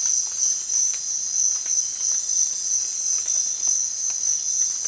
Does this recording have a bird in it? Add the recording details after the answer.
no. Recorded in dense forest near Puerto Asís, Putumayo, Colombia, on 25 June 2025 at 04:30. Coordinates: 0.468, -76.322. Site GP03